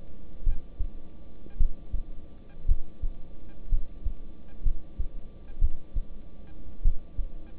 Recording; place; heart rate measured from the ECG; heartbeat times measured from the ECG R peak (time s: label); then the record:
heart sounds by stethoscope; between the tricuspid and mitral areas; 56 bpm
0.44 s: heartbeat
1.57 s: heartbeat
2.66 s: heartbeat
3.70 s: heartbeat
4.63 s: heartbeat
5.59 s: heartbeat
6.82 s: heartbeat
From the record:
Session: rest, lying down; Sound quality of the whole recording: good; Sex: male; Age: 26 years